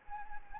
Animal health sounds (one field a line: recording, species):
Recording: mosquito wingbeat signal from an infrared sensor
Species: Anopheles arabiensis